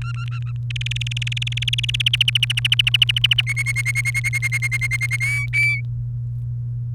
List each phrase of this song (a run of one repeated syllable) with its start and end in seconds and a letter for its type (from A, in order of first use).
0.01-0.52 A, 0.70-2.02 B, 2.06-3.42 C, 3.47-5.17 D, 5.20-5.80 E